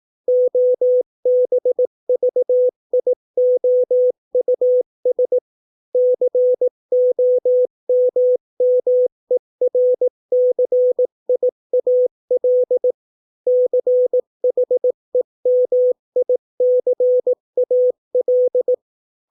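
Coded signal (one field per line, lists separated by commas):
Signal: Morse code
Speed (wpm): 18 wpm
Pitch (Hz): 500 Hz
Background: none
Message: OBVIOUS COMMERCIAL CHEMICAL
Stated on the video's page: Morse code practice of 200 English words at 18 wpm for copying by ear.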